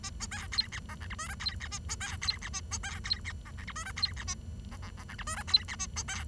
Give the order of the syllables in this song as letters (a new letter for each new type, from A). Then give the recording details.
A B C D E F G H I J D E A B C D E A B C D E F G H I J D E A F F F G H I J D E A B C. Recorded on 23 June 2012 at 09:41. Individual gr41rd51